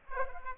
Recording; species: mosquito wingbeat signal from an infrared sensor; Aedes aegypti